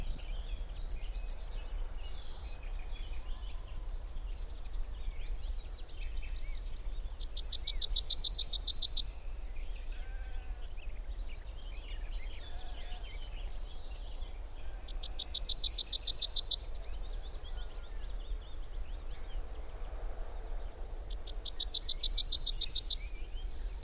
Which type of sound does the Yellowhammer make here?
song